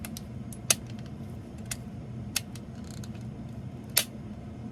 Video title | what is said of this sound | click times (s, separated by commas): Seller told me it had joystick drift at least I thought | There we go. Hear the click, guys? | 0.7 s, 4.0 s